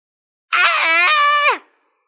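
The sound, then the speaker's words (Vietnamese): The character Phượng Thiên Tiên Sứ in the story Phàm Nhân Tu Tiên, gravely injured, lets out a single loud, strained male scream of pain lasting about a second, its pitch holding steady before sliding downward as it breaks off into silence. “Phượng Thiên Tiên Sứ gào thét một tiếng, trong lòng càng phẫn hận tới cực điểm.”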